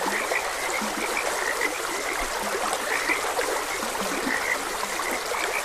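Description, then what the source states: Frog croaks, short and repeated in a loose chorus, with a few lower grunting notes over continuous trickling stream water. Frogs croaking beside a gentle stream.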